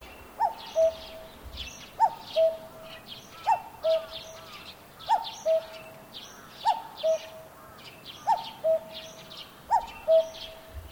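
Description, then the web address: Cuckoo calling its two-note falling 'cu-coo' about every one and a half seconds, seven times, while other birds chirp and twitter higher in the background. Calling with other birds in the background. "Foundation 1 AMBIENCE CUCKOO CALL WITH OTHER BIRDS"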